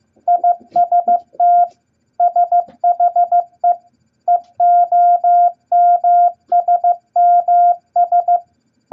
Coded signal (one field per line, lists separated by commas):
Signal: Morse code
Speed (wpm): 15 wpm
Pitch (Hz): 700 Hz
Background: none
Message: IST SHE EOMSMS